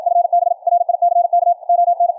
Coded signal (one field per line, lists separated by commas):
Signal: Morse code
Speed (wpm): 53 wpm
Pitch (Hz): 700 Hz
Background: radio noise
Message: FB RICK ON